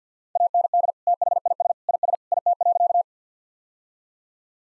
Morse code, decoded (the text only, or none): AND THIS IS IT.